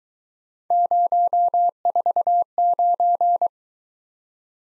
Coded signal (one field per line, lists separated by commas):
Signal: Morse code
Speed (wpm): 22 wpm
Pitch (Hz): 700 Hz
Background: none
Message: 049